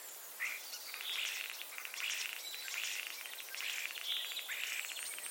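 Common starling chatter: harsh, crackling bursts of clicks and rattles, repeated in uneven runs over a faint hiss.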